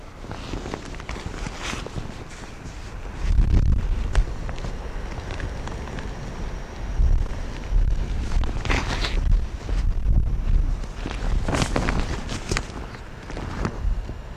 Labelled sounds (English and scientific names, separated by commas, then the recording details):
Arctic Fox (Vulpes lagopus)
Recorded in the wild
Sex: male
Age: adult
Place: Insel Mednyi, Kommandeur-Inseln, RU
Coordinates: 54.5167, 168.083
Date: 1999-07-09 20:06
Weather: 9°C, Westwind
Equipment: Sony WM-D6C, Sennheiser ME 80, K 30 AV, Windkorb, Kopie Sony TCD-D8
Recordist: Jakupi, Antje
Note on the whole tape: Südosten der Insel, Gerölltal: 21 Bellstrophen des unmarkierten Rüden vom südöstlichen oberen Rand des Geröllfeldes. Tier war soeben aus Schlaf erwacht